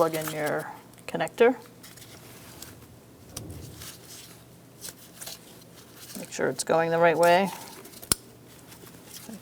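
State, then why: Seated. A wiring harness connector is pushed onto a new vapor canister purge solenoid valve on a 2012-2017 Hyundai Accent 1.6L L4, while someone talks. Faint handling sounds follow, then a single sharp click at 8.1 s as the connector latches and seats in place.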